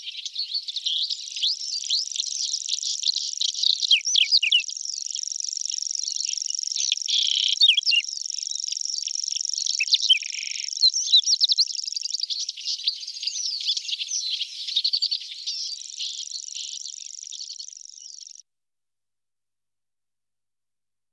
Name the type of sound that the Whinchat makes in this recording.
song